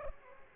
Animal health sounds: mosquito wingbeat signal from an infrared sensor; Aedes aegypti

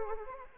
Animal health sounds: mosquito wingbeat signal from an infrared sensor; Anopheles arabiensis

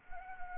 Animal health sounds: mosquito wingbeat signal from an infrared sensor; Anopheles gambiae

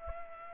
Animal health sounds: mosquito wingbeat signal from an infrared sensor; Culex pipiens

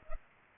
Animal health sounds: mosquito wingbeat signal from an infrared sensor; Culex pipiens

